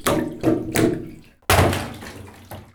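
Water rushes and splashes in a few uneven surges, with three quick gushes, a brief lull, then a louder, fuller burst of flow that tapers off. No one speaks.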